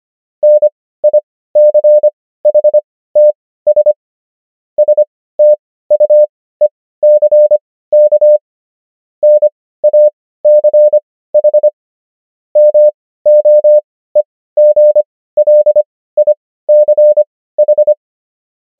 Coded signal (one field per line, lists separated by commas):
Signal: Morse code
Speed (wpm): 25 wpm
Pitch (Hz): 600 Hz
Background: none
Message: NICHTS STUECK NACH MOEGLICH